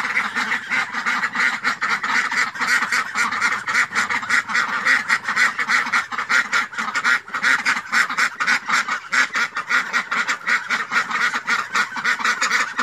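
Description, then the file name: Domestic ducks quacking as a flock, dense overlapping nasal quacks in rapid, continuous chatter with no pauses throughout. "Tieng dan vit keu"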